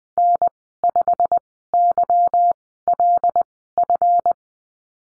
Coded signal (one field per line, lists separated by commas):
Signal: Morse code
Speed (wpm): 20 wpm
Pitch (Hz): 700 Hz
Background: none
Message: N5YLF